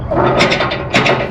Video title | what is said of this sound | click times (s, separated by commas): Proving Grounds Dump Recap- What's Next? - Diamond C | and show you that D-ring won't latch where it's supposed to. | none